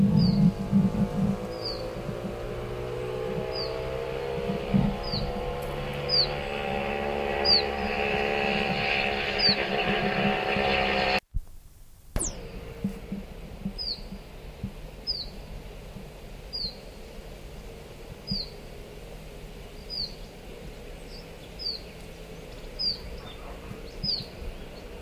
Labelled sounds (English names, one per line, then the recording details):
Iberian Chiffchaff
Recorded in the wild
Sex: diverse
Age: diverse
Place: Ramales de la Victoria, Nordspanien, Kantabrien, ES
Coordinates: 43.2333, -3.43333
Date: 1964-06-08 18:00
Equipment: Nagra III PH, Parabolspiegelmikrophon, LGS26
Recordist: Stumbrat